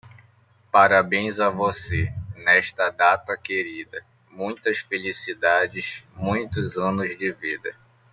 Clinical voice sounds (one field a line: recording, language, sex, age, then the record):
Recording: short text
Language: Brazilian Portuguese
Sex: male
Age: 20 to 29 years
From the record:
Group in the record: control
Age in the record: 25 years